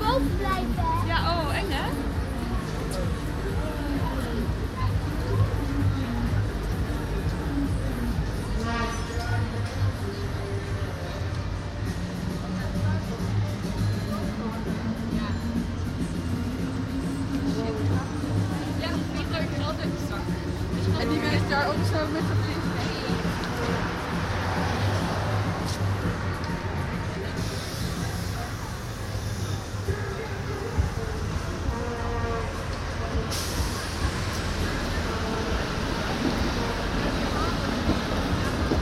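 Outdoor street celebration with a dense, steady crowd of voices and babble, a low rumble underneath, and a rising whine near fifteen seconds.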